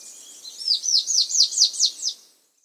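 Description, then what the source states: Russet antshrike song: a short run of about seven high, thin downslurred notes delivered evenly. Recorded in South America.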